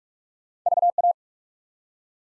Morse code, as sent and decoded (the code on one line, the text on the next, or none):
...- .-
VA